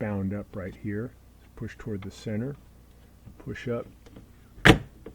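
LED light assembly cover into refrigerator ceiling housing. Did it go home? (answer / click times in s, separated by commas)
yes / 4.7 s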